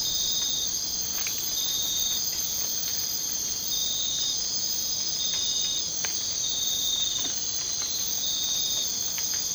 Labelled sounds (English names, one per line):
none